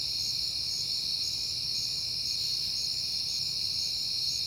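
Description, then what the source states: Crickets chirping steadily, their high pulsed trills beating in a regular rhythm and blending into one constant chorus, with faint low background noise. Crickets at night in September, on a peaceful night.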